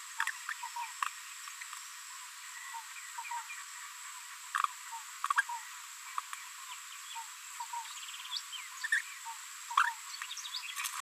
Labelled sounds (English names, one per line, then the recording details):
Green-rumped Parrotlet babbling
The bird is a female
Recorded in a nest box in Venezuela
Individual 17B73B2